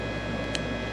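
The last terminal of a wire harness, part of an EFlexFuel Pro kit going onto a 370Z, is pushed home into the connector housing. A single short, sharp click sounds at 0.5 s over a steady low hum and broadband background noise. The terminal is seated.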